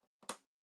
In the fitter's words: Oh. Oh, did you hear that? That was a satisfying snap.